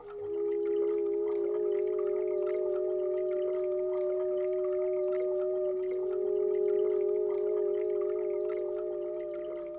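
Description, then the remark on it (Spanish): Steady rain pattering in a continuous wash of soft drips and splashes, with a sustained low humming tone running underneath throughout; no one speaks. “Entonces comprendimos que la lluvia también era hermosa.”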